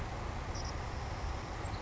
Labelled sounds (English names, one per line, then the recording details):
Savannah Sparrow
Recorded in Sonoma County, California